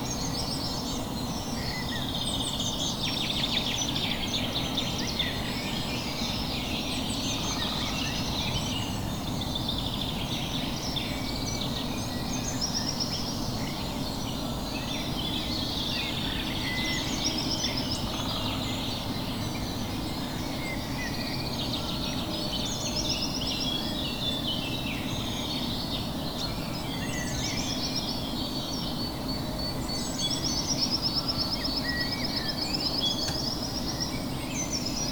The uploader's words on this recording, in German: Rolladen hoch, Fenster auf, Mikrofon raus und ne gute halbe Stunde aufnehmen. Wie der Tag langsam beginnt und die frühen Vögel sich über gefangene Würmer austauschen.